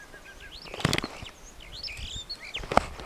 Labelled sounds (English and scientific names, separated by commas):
Superb Starling (Lamprotornis superbus) flight call